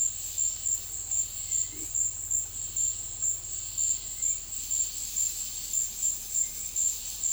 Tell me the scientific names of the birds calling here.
none